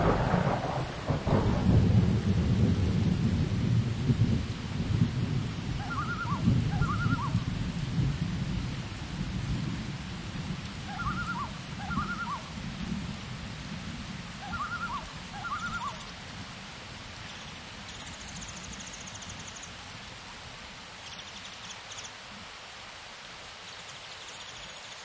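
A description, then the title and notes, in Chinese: Rain falls steadily in a rainforest, with a deep rumbling wash that is strongest in the first few seconds and slowly eases. A bird repeats a short pair of hooting calls around 6, 11 and 15 seconds, and faint high chirps appear later. 雨林，鸟儿，小溪，水流，下雨。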